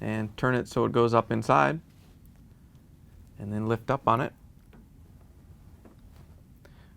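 The top end of a W10822553 shock absorber for a Maytag front-load washer (fits Whirlpool/KitchenAid) is lined up with the tub mount hole and lifted up into it, ahead of turning it to lock. Someone talks from about 0.0 to 1.8 s and again from 3.4 to 4.3 s, with only faint, brief ticks and handling noise in between and afterward. Nothing has seated or clicked yet.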